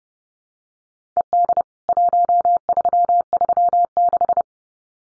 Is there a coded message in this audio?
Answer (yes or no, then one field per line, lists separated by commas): yes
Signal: Morse code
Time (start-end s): 1.2-4.4 s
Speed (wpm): 30 wpm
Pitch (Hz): 700 Hz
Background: none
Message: ED 1336